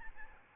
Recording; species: mosquito wingbeat signal from an infrared sensor; Aedes albopictus